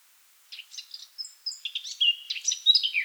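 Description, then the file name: Eurasian blackcap song: after a brief silence, a rapid warbling phrase of mixed chattering and clear fluted notes builds in loudness toward the end. "Sylvia atricapilla"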